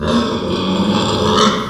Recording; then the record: squeal of a Yucatan mini pig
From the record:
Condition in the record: after surgery on the right vocal fold (resection and tissue-engineered implant); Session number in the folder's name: 17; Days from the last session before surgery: 195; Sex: female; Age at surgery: 19 weeks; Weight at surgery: 25 kg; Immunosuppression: prednisolone